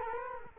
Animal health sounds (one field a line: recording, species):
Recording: mosquito wingbeat signal from an infrared sensor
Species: Culex quinquefasciatus